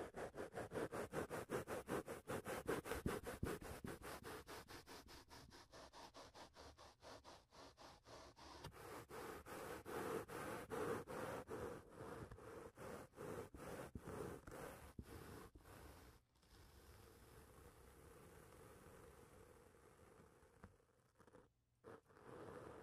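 A microphone is touched and rubbed in rapid, regular scratchy strokes for about fifteen seconds, then a softer steady rustle with brief dropouts near the end.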